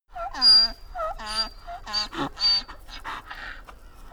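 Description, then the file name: Donkey braying, alternating wheezy inhaled notes and harsh harmonic honks in a see-saw rhythm. "donkey bray classic"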